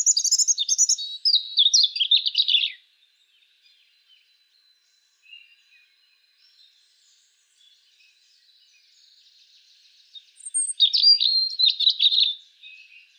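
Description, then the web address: European robin song: a high, tumbling phrase of thin whistles and trills for nearly three seconds, a long quiet gap with faint notes, then another sparkling phrase near the end. "SETE data Erithacus rubecula"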